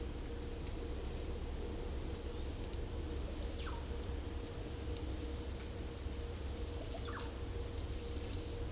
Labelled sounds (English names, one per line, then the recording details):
Russet-backed Oropendola
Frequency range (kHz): Russet-backed Oropendola 0.4-4.3 kHz
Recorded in pastures near Puerto Asís, Putumayo, Colombia, on 26 December 2024 at 17:00
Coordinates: 0.496, -76.326
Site G004